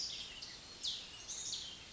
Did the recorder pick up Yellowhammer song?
no